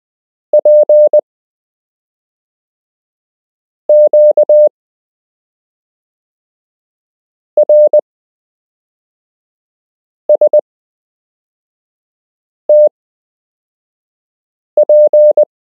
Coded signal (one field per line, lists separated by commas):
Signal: Morse code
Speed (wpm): 20 wpm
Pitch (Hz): 600 Hz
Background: none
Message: P Q R S T P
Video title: You can learn Morse code - Part 4